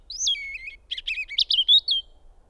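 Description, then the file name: European robin song phrase: a high thin whistle sliding down, then a quick jumble of twittering, trilled notes rising and falling. "Erithacus rubecula"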